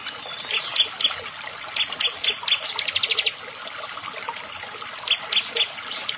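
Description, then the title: Bar-winged prinia giving spaced high chips and a short fast rattle in the middle, then more scattered chips toward the end. "Ciblek Sawah"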